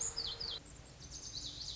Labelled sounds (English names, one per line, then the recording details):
Lazuli Bunting
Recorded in Sonoma County, California